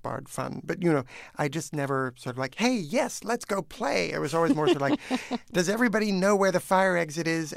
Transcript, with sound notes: But, you know, I just never sort of like, hey, yes, let's go play.
(SOUNDBITE OF LAUGHTER)
I was always more sort of like, does everybody know where the fire exit is